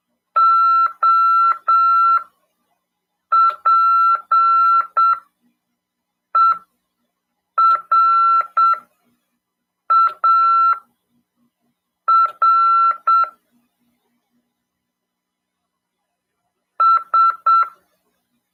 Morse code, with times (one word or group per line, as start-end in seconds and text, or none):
0.4-13.2 OPERAR
16.8-17.6 S